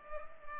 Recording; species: mosquito wingbeat signal from an infrared sensor; Culex pipiens